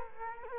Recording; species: mosquito wingbeat signal from an infrared sensor; Culex quinquefasciatus